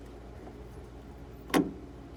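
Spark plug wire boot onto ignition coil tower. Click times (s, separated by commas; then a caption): 1.5 s. A freshly crimped boot on a custom-built MSD spark plug wire is pushed onto the ignition coil tower terminal over a low, steady background hum. A single sharp click at 1.5 s marks the boot snapping into place, and then it goes quiet. The boot is seated with a good connection.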